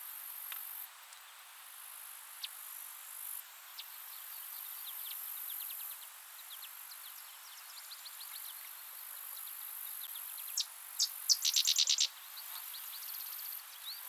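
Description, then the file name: Sedge wren singing a quick burst of dry, rattling, high-pitched notes after a lead-in chip. Softer chattering and an insect-like background hiss fill the rest. "Cistothorus stellaris - Sedge Wren"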